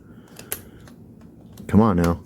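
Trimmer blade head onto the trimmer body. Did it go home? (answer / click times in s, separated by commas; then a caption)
no / none. A plastic blade head is pushed onto the body of a Manscaped Lawn Mower 5.0 Ultra hair trimmer, making light plastic taps and knocks around 0.4, 0.5, 0.9, 1.2, 1.4 and 1.6 seconds, with the sharpest near 0.5 seconds. Someone then talks briefly at the end. The head has not clicked or locked on yet, because the back part has to go in first before the head clicks into place.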